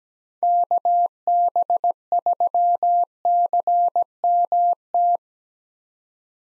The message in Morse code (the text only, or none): KB3CMT